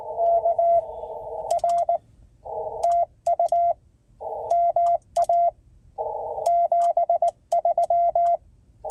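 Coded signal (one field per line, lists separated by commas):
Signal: Morse code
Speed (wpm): 19 wpm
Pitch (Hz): 680 Hz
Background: radio noise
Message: K R TU MA 73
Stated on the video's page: CW/Morse parks on the air (POTA) activation from a mobile station with a guyed HF mobile antenna, parked in a state forest parking lot.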